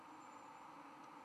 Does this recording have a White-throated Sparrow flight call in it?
no